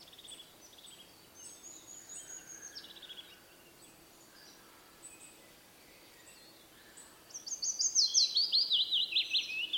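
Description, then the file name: Willow warbler song: after faint notes, a clear phrase of sweet whistled notes slides gradually downward near the end. "piecuszek Phylloscopus trochilus"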